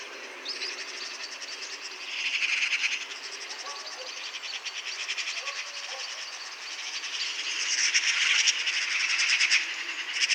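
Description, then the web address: Eurasian magpie chattering almost continuously, harsh rapid rattles rising and falling in loudness, loudest toward the end, with brief high chirps of other birds. "SETE data Pica pica"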